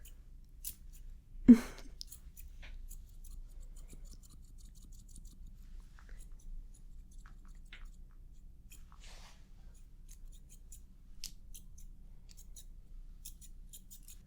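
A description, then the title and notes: Haircut snipping: small, quiet scissor clicks scattered irregularly over a low steady hum, with one sharp loud snap near the start. HAIRCUT, SHAVE, & SIDE BUZZ. Barbershop RP.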